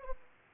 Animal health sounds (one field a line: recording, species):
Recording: mosquito wingbeat signal from an infrared sensor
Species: Aedes aegypti